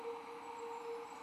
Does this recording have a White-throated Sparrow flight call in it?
no